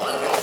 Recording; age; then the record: pig call; piglet (1 to 25 days)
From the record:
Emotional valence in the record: positive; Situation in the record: huddling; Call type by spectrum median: low-frequency call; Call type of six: mixed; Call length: 0.43 s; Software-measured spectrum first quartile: 636 Hz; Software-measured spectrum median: 1175 Hz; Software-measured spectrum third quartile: 3199 Hz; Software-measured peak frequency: 794 Hz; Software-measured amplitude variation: 134 dB a second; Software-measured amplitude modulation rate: 25.4 a second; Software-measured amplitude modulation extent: 5.3 dB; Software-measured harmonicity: -0.6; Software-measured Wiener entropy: -1.55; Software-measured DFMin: 567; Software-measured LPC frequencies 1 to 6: 656, 1241, 2191, 2859, 4458, 5204 Hz